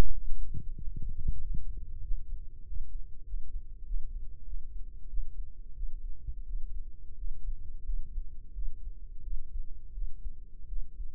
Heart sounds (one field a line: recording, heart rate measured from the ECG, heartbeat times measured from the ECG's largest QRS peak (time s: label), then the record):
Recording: heart sounds by microphone in the right ear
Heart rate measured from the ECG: 91 bpm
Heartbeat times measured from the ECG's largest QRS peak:
0.13 s: heartbeat
0.77 s: heartbeat
1.40 s: heartbeat
2.03 s: heartbeat
2.65 s: heartbeat
3.26 s: heartbeat
3.86 s: heartbeat
4.46 s: heartbeat
5.09 s: heartbeat
5.75 s: heartbeat
6.45 s: heartbeat
7.16 s: heartbeat
7.85 s: heartbeat
8.54 s: heartbeat
9.23 s: heartbeat
9.93 s: heartbeat
10.68 s: heartbeat
From the record:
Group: healthy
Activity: Valsalva maneuver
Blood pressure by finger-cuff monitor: 93/62 mmHg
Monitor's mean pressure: 72 mmHg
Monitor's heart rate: 91 bpm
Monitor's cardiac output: 7.8 L/min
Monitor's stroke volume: 83 mL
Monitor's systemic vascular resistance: 690 dyn s/cm5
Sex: female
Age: 22 years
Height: 161 cm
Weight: 65.5 kg